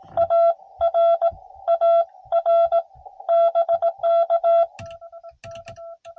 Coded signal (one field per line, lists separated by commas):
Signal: Morse code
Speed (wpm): 19 wpm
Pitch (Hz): 680 Hz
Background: none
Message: AR AR BK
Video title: 7 POTA Parks Activated By Noonday!